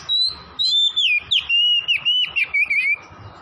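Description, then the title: Oriental magpie-robin song, a continuous rapid string of clear whistled notes wavering and gradually descending in pitch over three seconds. Singing vigorously (gacor); Tretes. "Kacer Tretes"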